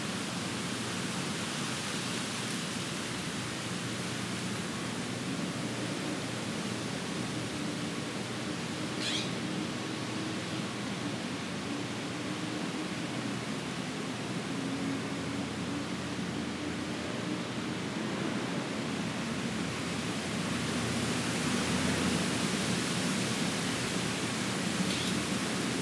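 Wind moves through trees in a steady, dense rush that hardly changes over the whole stretch, swelling only slightly near the end. A faint low hum drifts underneath, and a brief bright scrape or rustle stands out around nine seconds.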